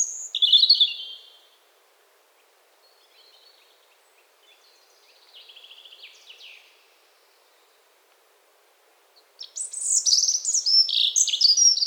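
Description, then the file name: European robin song: a phrase ends in a high twitter, then soft, quiet trilled phrases follow before a loud, tumbling burst of high thin notes. "Erithacus rubecula"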